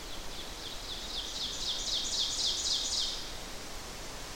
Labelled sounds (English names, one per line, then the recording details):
Ovenbird song
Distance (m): 35 m
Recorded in boreal forest in Alberta, Canada, on 12 June 2016 at 06:08
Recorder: SongMeter 3, array SBT-3-18
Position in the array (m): 229 m, 89 m
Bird 31